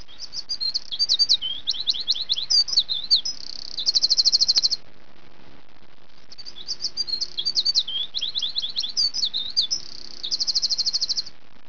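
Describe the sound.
Bird chirping: quick high twittering notes sweeping up and down, ending in a rapid buzzy trill, the phrase given twice with a pause between.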